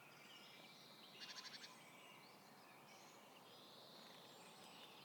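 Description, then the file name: Marsh tit call: a quick burst of several short, even notes in a rapid stutter, over steady background hiss. "Poecile palustris"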